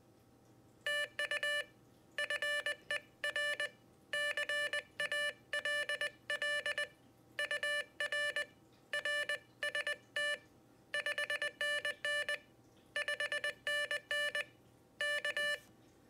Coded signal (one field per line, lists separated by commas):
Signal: Morse code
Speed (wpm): 20 wpm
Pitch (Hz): 1750 Hz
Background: none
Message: TU FER CALL UR RST 5NN 5NN K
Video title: Morserino-32 - the multifunctional Morse machine